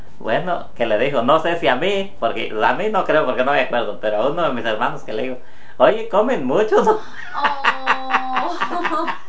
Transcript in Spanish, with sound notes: “Bueno”, que le dijo, no sé si a mí, porque a mí no creo, porque no me acuerdo, pero a uno de mis hermanos que le dijo: “Oye, comen mucho”. (risas)
¡Oh!